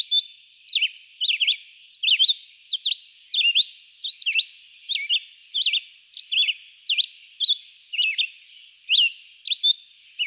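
Red-eyed vireo song of varied short whistled phrases, some rising, some dropping, repeated with short pauses, a soft buzz in the middle.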